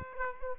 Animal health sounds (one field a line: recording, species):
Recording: mosquito wingbeat signal from an infrared sensor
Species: Aedes aegypti